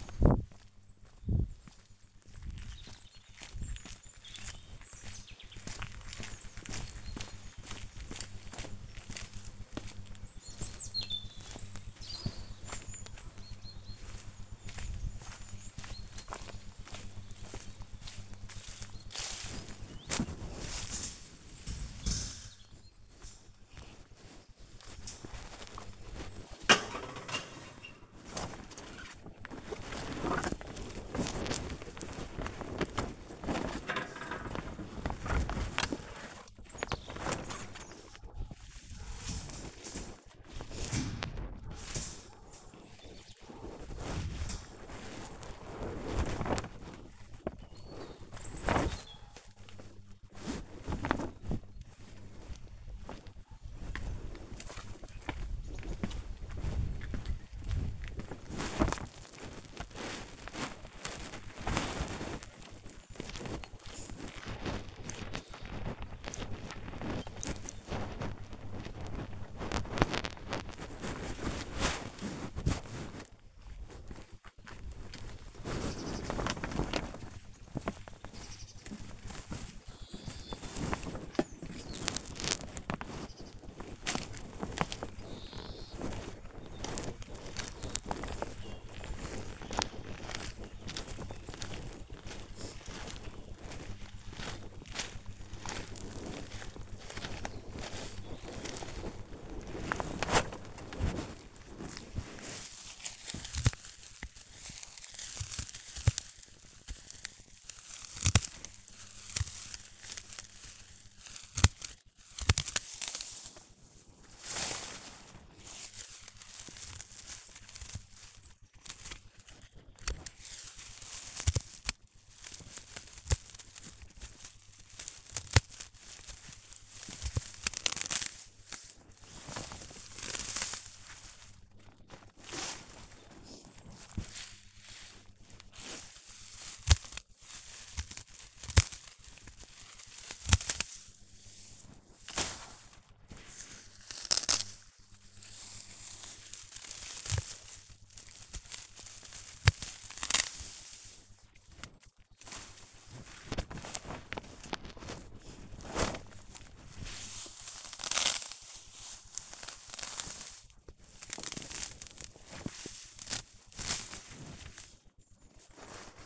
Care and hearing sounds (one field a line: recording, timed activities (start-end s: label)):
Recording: household activities, microphone on the right wrist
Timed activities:
0.00-104.28 s: working in the garden
114.35-166.26 s: cutting plants (near water)